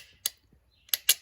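An ignition coil screw is worked in a completely stripped valve cover thread hole on a Mercedes C32 AMG. Sharp clicks sound at 0.3, 0.9, 0.9 and 1.1 seconds as the screw pulls out of the threads, with no talk. The hole is confirmed stripped.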